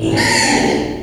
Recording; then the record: squeal of a Yucatan mini pig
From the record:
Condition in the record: before surgery on the right vocal fold (resection and tissue-engineered implant); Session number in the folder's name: 2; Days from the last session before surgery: 0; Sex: male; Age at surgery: 12 weeks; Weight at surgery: 13 kg